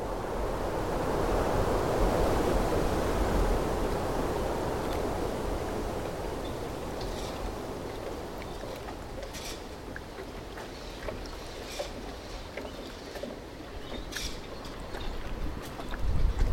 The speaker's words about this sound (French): On est sur cette digue, cette vieille digue, dit le vieux port, où on entend justement la régularité de la houle, un peu comme un métronome qui vient petit à petit sur la mangrove, là s'étouffer dessus.